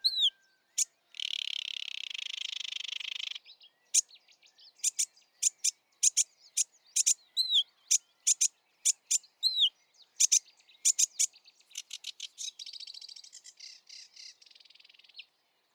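Sedge warbler song opening with a long buzzy rattle, followed by a varied string of sharp ticking and whistled notes, closing with a softer churring trill.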